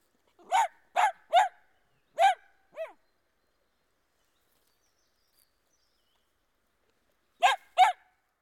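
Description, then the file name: Dachshund giving three fast barks, a fourth after a pause, then a softer whining yelp, a long silence, and two final barks. Barking outdoors. "Digiffects Sound Effects Library - Dachshund Dog Barking Outdoors"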